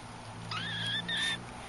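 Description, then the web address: Cat making a thin, high mew that rises then levels off, broken into two drawn-out parts, with a low hum underneath. "hayvanlar Sevimlikedi"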